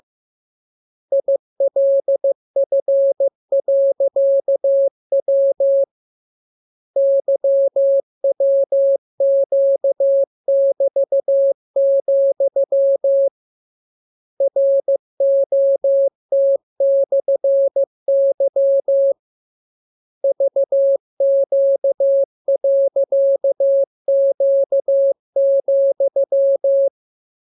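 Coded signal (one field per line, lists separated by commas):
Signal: Morse code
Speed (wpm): 15 wpm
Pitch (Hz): 550 Hz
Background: music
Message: ILF.W YWQ<BT>, ROT/Y VQ.Q,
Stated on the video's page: Morse lesson 26 on letters, numbers and punctuation, with each radiogram opened by VVV and a section sign and closed by AR.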